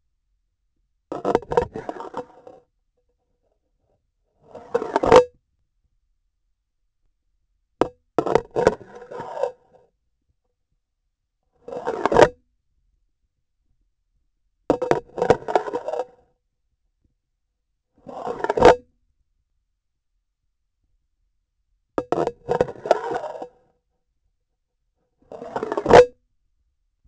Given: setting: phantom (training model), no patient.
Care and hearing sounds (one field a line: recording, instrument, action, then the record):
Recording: laparoscopic instrument, vibration sensor on the handle end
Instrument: grasping forceps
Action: insertion and removal through the trocar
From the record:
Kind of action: spatial motion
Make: Olympus